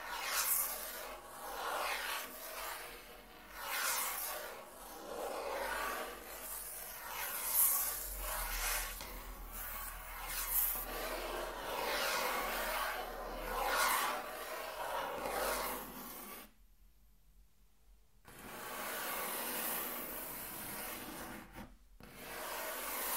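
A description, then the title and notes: Intense scraping and rubbing across a table, rasping strokes in uneven surges, with a sudden silence near seventeen seconds and another brief gap. Intense Table Tracing (No Talking).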